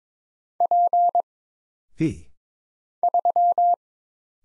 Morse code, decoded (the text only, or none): P 3